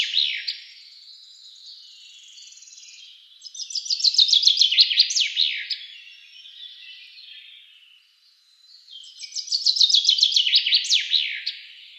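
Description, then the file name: Common chaffinch song: the end of one phrase, then two loud bright phrases of rapid descending notes ending in a flourish, about six seconds apart, with faint bird chatter between them. "Fringilla coelebs"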